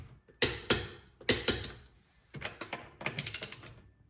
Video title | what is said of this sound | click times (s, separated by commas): New Tires Using a Mobile Tire Service and How to Install Wheels on a Porsche 911 | I have a click style torque wrench, so I'm going to tighten this until I hear it click | 0.4 s, 1.3 s